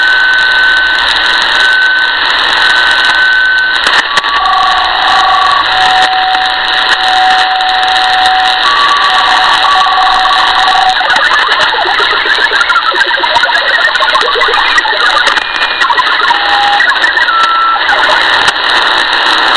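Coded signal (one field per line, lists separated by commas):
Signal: HF data modem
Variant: Saab Grintek MHF-50 MFSK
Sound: rapid warbling tones hopping between a few pitches, continuous through hissy static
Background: radio static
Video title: 4346 kHz South Africa Navy - Saab Grintek MHF-50 MFSK Modem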